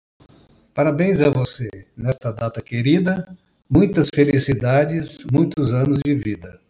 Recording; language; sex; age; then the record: short text; Brazilian Portuguese; male; 70 to 79 years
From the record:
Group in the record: control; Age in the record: 70 years